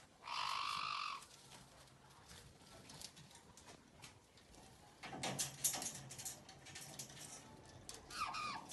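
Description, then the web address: Caique scream: a sustained harsh screech of about a second over steady background hiss, then rustling and a short squeaky call near the end. "kak kricat popugai kaiki. parrots pionitis"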